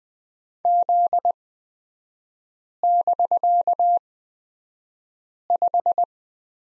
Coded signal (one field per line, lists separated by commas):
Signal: Morse code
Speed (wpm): 20 wpm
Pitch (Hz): 700 Hz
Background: none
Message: Z<BK>5